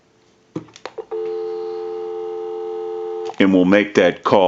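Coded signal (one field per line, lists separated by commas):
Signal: telephone call progress tone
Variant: North America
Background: speech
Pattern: dial tone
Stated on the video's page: Tone heard on a three-slot 236G payphone during initial checkout, repair and conversion.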